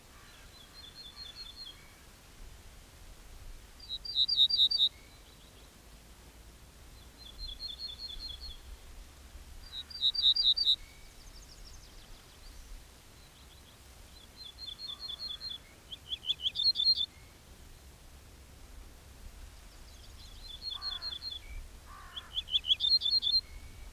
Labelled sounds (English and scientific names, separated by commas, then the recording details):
Ortolan Bunting (Emberiza hortulana)
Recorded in the wild
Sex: male
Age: adult
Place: Schloß Holte-Stukenbrock, Senne, Nordrhein-Westfalen, DE
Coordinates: 51.8656, 8.66194
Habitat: edge of the woods
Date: 1967-04-30
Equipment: Uher 4000 Report-S, Bändchenmikro Beyer M 260, Parabolspiegel Polyester (470 mm)
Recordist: Conrads, Klaus